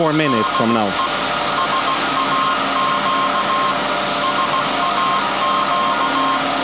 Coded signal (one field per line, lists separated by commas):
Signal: Morse code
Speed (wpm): 16 wpm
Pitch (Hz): 1060 Hz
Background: speech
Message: DE SAQ SAQ